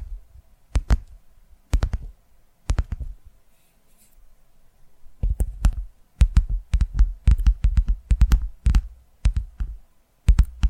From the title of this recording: ASMR Tapping Through Your Brain